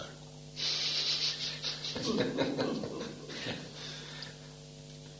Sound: laughter

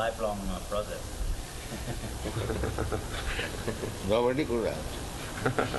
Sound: laughter

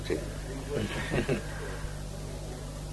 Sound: chuckling with devotees

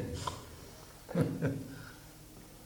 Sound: laughs

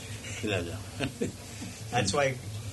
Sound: laughs

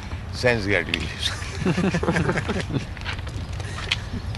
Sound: laughter

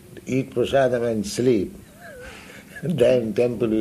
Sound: laughing

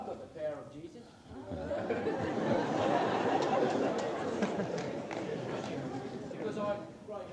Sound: laughter

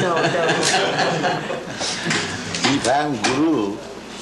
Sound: laughter

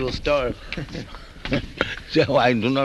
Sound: laughs

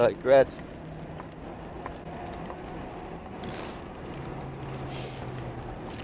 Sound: loud train noises

